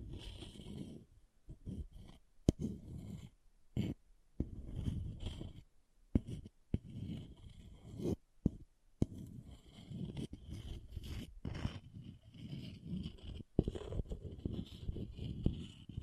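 Object scratching in rough, uneven strokes that come in bursts with short silent gaps, mostly low and grainy with a thin brighter hiss above. Sharp clicks or taps cut through at about 2.5, 6, 8, 11 and 13.5 seconds.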